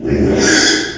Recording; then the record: squeal of a Yucatan mini pig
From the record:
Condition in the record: after surgery on the right vocal fold (resection and tissue-engineered implant); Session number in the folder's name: 3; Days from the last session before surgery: 33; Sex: male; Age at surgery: 12 weeks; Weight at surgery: 13 kg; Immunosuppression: cyclosporine, prednisolone